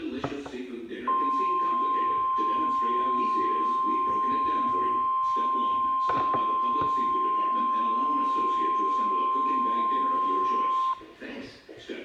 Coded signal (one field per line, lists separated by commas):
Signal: Emergency Alert System (SAME) tones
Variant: 1050 Hz attention tone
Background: speech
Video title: EAS #18 Tornado Warning